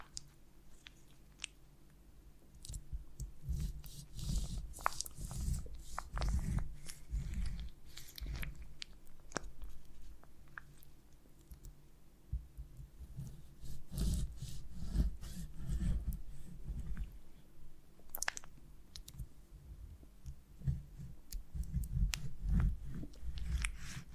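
Chewing on honeycomb, with wet, sticky crunches and smacks coming in irregular clusters across the clip. Bursts around 3–7, 13–16 and 21–24 seconds are busiest. Sharp bright clicks punctuate a low, soft mouth rumble, with brief quieter pauses between bites.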